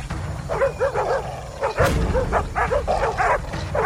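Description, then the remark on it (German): Several bloodhounds bark over and over in a loud, overlapping chorus of deep, urgent barks and yips, with a steady low rumble underneath throughout. “Mit den Bluthunden und Lanzenrittern startet er einen Vergeltungsfeldzug gegen die wehrlosen Ureinwohner, die noch nie in ihrem Leben berittene Pferde gesehen haben.”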